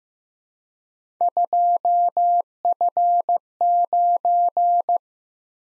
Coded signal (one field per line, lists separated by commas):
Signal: Morse code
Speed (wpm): 15 wpm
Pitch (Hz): 700 Hz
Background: none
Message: 2F9